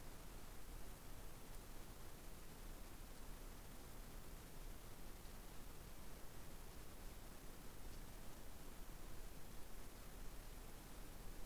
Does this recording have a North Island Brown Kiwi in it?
no